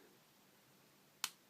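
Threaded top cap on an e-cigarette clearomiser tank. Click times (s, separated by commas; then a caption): 1.2 s. The threaded top cap of a ProTank II e-cigarette clearomiser tank, with metal and Pyrex, is placed on after filling and turned backwards. Against a quiet background, a single short, sharp, bright click sounds at 1.2 s as the threads drop into line. The cap is then seated on the thread start, ready to be screwed down without cross-threading.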